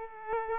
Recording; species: mosquito wingbeat signal from an infrared sensor; Aedes aegypti